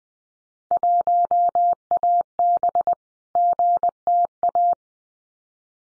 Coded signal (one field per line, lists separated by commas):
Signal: Morse code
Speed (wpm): 20 wpm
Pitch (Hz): 700 Hz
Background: none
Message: 1AB GTA